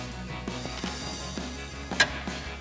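A pick works under the center piece of a plastic push-pin retainer with a stripped Phillips head in the grille/trim panel of a 2021-2025 Bronco, prying it up until it lifts free. Over background music, a short scrape comes at about 1.9 s, then a sharp pop at 2.0 s as the center piece pops up and the pin releases.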